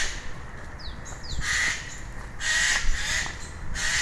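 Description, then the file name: Eurasian jay making three rough, scratchy screeches. Two brief thin descending notes come just before them. "Garrulus glandarius"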